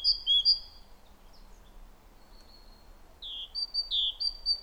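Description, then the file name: Great tit calls: a few high slurred notes at the start, a quiet gap, then a run of clear downward-sliding and level high notes. "Parus major"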